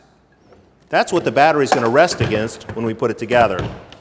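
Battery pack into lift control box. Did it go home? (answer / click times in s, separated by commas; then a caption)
no / none. A battery pack is handled beside a lift's control box, where it will later rest against metal contact tabs, with faint handling sounds at about 0.5 s and 0.8 s before someone talks for the rest of the clip. The battery pack has not yet seated or clicked into the control box.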